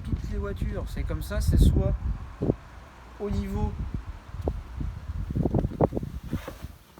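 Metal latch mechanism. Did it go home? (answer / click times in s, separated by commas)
released / 5.8 s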